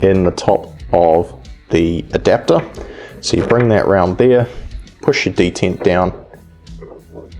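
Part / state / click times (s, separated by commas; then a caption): die bushing adapter into the breech-lock detent of a reloading press / not seated / none. Someone talks while pushing the spring detent down and turning a die bushing adapter into the breech-lock opening of a single-stage reloading press, and light metal contact sounds follow near the end (around 6.3 to 7.3 s). The detent was not pushed down far enough, so the bushing fails to lock, and nothing has seated or clicked yet.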